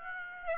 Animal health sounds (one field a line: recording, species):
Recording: mosquito wingbeat signal from an infrared sensor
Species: Aedes aegypti